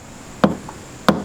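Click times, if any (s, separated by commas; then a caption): 1.1 s. A magnet-retained widebody over-fender trim piece near the door of an LS1 E36, held by a small rubber-encased magnet fitted with an M4 nut and bolt, is pressed onto the steel car body. A sharp knock sounds at 0.4 s and a faint tick at 0.7 s, then a crisp, solid click at 1.1 s as the trim piece snaps on and seats.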